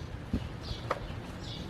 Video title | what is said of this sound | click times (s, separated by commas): Tore My 750HP 135i Apart to Fix a Misfire & Found THIS! 😬 | really got to push down on the middle here to get them to click in but just listen for an audible click and you'll know when it's in | 0.9 s